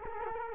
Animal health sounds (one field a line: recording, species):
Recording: mosquito wingbeat signal from an infrared sensor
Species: Culex quinquefasciatus